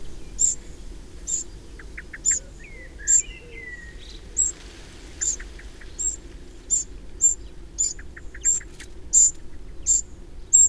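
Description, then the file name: Eurasian wren uttering crisp high-pitched ticks at about one and a half a second, the pace quickening slightly later on; a brief burst of lower chirps and a swooping whistle appear early on. "Troglodytes troglodytes"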